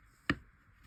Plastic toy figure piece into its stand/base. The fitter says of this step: And then this should click in